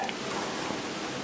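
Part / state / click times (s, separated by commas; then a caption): bobbin case into the hook of a semi-industrial sewing machine / not seated / none. Someone tries to fit a small metal bobbin case into the hook area of a Janome 780DX semi-industrial sewing machine from the side, the way it clicked in against a claw on an older machine. Over steady broadband noise there is only one brief sharp tick near 0.1 s. The bobbin case does not snap in, and nothing has seated or clicked yet.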